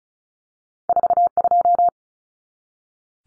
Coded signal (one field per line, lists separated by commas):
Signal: Morse code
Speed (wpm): 34 wpm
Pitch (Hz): 700 Hz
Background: none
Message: 42